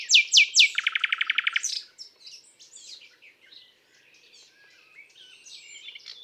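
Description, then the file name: Common nightingale singing: three loud whistled notes, then a fast rattling run of repeated notes, then quieter, varied chattering phrases. "Rossignol philomele"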